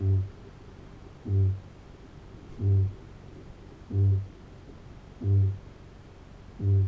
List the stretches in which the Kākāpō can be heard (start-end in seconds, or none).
0.00-6.88